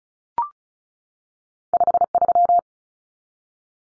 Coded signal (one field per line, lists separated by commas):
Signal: Morse code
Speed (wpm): 34 wpm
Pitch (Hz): 700 Hz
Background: none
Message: 53